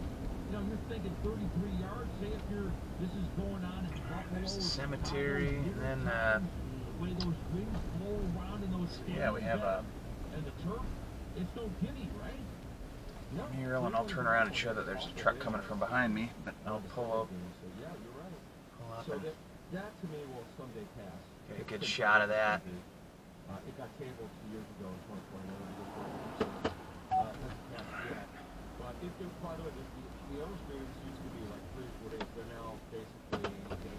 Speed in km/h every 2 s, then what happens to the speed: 27, 27, 26, 24, 23, 19, 15, 10, 6, 3, 0, 0, 0, 0, 0, 6, 5.
0-9 steady at about 26. 9-19 slows to 0. 19-29 standing.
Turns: none.